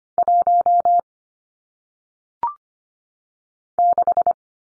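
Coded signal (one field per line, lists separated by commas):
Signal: Morse code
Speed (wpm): 25 wpm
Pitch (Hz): 700 Hz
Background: none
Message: 1 6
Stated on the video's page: Single-digit numbers sent in Morse at 25 wpm for head-copy practice, each sent, spoken, then sent again.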